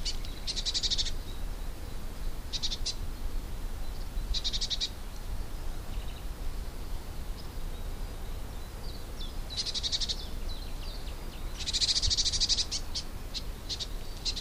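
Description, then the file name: Eurasian blue tit calls: several rattling, buzzy churr bursts with pauses between them, over a continuous low rumble. "Cyanistes caeruleus"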